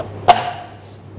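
An inner part of a Hurom H200 cold-press juicer is set into the juicer bowl and pressed down until it is fully home. A sharp plastic contact sound hits at 0.3 s and rings briefly, followed by a faint tap near 1.2 s. The part is seated.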